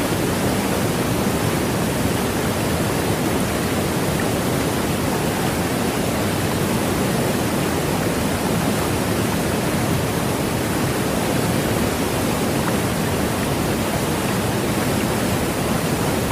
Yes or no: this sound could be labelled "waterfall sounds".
yes